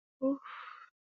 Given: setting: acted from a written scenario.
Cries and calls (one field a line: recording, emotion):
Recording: vocal sound without words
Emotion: relief